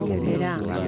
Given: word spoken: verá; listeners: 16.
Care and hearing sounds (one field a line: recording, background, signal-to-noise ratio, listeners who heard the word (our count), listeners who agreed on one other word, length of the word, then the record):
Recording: one Spanish word in noise, from a listening test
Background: eight-talker babble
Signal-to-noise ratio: -1.1 dB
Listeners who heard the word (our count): 1 of 16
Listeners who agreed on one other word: 6 of 16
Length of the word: 0.48 s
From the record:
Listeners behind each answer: 6, 1, 1, 1, 1, 1, 1, 1, 1, 1, 1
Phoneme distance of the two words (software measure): 31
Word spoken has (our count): 2 syllables, 4 phonemes, stress on syllable 2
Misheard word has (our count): 3 syllables, 7 phonemes, stress on syllable 3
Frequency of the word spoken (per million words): 22.44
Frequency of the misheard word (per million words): 3.94